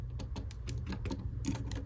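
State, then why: Not seated. A plastic action figure head on a ball joint in its neck socket is swivelled all the way around by hand, making a quick run of light, dry ticks and rattles, with sharper ticks near 0.7, 1.5 and 1.7 seconds. The clip ends while the head is still being handled: it has not yet clicked into its forward-facing detent, and nothing has seated.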